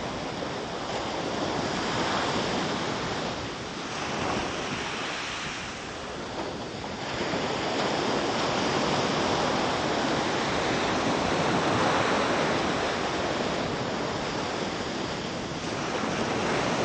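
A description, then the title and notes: Steady, dense ocean wash fills the recording, a continuous hiss of surf with gentle swells in loudness every few seconds and no distinct breaks. Ocean nature.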